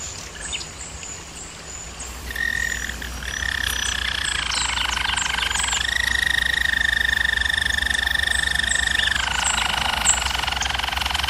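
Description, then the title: German Roller canary song, starting with faint high notes, then rolling trills held for several seconds each, switching pitch around 6 and 9 seconds; steady low hum underneath. German Roller canary singing, recording made for canary training. "German Roller Canary Singing - Canary Training Vid"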